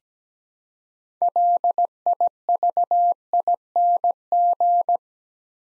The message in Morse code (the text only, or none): LIVING